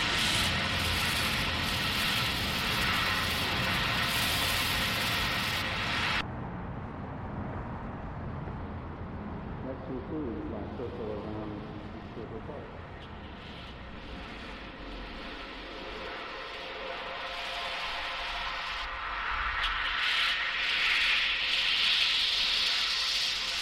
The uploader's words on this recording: Automobiles, trucks, construction equipment, mopeds and motorcycles, buses, street sounds and a variety of police and ambulance sirens. The Sounds of Motoring.